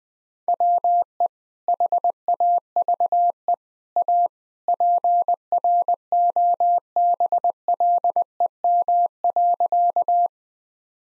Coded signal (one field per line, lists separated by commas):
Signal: Morse code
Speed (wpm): 20 wpm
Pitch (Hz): 700 Hz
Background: none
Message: WE HAVE A PROBLEM.